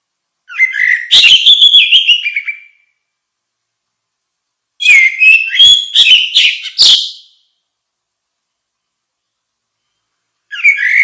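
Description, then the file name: Orange-headed thrush delivering varied warbling phrases of whistles and chips, each about two and a half seconds long, separated by pauses of two to three and a half seconds. "suara kicau burung anis merah luar biasa"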